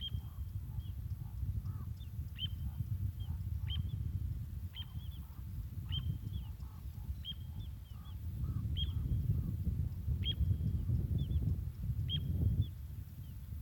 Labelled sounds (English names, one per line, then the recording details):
Little Ringed Plover call
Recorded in the wild
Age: juvenile
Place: Flemmingen, Thuringia, DE
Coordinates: 50.9385, 12.6332
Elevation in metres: 250
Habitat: gravel pit
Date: 2024-07-27 15:16
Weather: 20-25°C, cloudy
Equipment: Sound Devices MixPre6, Sennheiser MKH8060
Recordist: Frommolt, Karl-Heinz